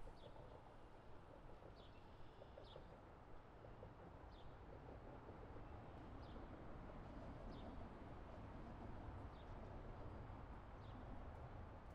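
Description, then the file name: Birds giving several short, sharp high chirps at irregular intervals, set against a constant low roar of urban traffic. Birds in a city park. "Birds in park - city BG"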